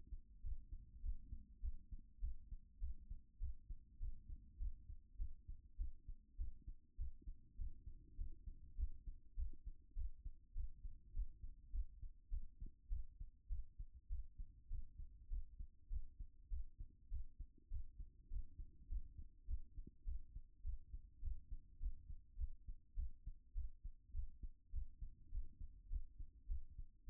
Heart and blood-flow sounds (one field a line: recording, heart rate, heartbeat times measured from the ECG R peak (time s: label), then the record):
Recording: heart sounds by stethoscope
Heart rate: 101 bpm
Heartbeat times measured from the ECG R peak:
0.41 s: heartbeat
1.01 s: heartbeat
1.60 s: heartbeat
2.19 s: heartbeat
2.79 s: heartbeat
3.38 s: heartbeat
3.98 s: heartbeat
4.57 s: heartbeat
5.17 s: heartbeat
5.76 s: heartbeat
6.36 s: heartbeat
6.96 s: heartbeat
7.56 s: heartbeat
8.16 s: heartbeat
8.75 s: heartbeat
9.35 s: heartbeat
9.94 s: heartbeat
10.53 s: heartbeat
11.12 s: heartbeat
11.70 s: heartbeat
12.29 s: heartbeat
12.88 s: heartbeat
13.48 s: heartbeat
14.08 s: heartbeat
14.68 s: heartbeat
15.28 s: heartbeat
15.88 s: heartbeat
16.49 s: heartbeat
17.09 s: heartbeat
17.69 s: heartbeat
18.28 s: heartbeat
18.87 s: heartbeat
19.46 s: heartbeat
20.04 s: heartbeat
20.62 s: heartbeat
21.20 s: heartbeat
21.78 s: heartbeat
22.36 s: heartbeat
22.94 s: heartbeat
23.53 s: heartbeat
24.12 s: heartbeat
24.71 s: heartbeat
25.29 s: heartbeat
25.88 s: heartbeat
26.47 s: heartbeat
27.05 s: heartbeat
From the record:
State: after exercise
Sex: female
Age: 50 years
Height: 170 cm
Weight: 70 kg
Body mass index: 24.22